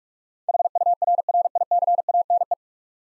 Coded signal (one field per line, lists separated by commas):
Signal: Morse code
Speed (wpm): 44 wpm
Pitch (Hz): 700 Hz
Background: none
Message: HURRICANE